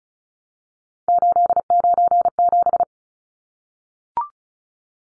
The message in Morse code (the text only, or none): 897